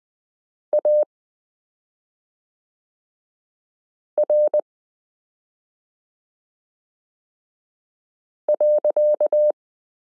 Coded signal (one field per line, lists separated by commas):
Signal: Morse code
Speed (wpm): 20 wpm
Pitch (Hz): 600 Hz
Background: none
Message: AR.